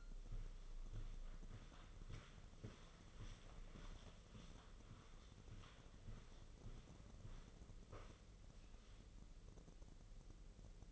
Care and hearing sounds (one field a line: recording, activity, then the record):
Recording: daily activity, microphone in the room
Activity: walk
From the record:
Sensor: 4